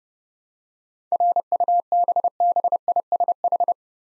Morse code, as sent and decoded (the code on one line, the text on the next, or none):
.-. ..- -... -... .. ... ....
RUBBISH